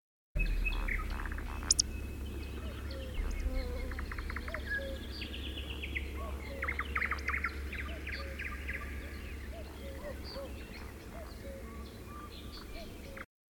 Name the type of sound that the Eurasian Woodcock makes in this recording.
call